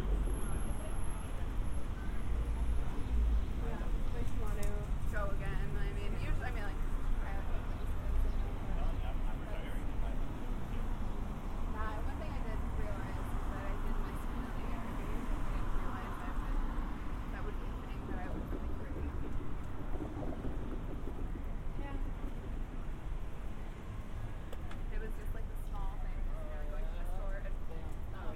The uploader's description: A binaural recording of a walk from the San Diego County Admin Building to my apartment in Golden Hill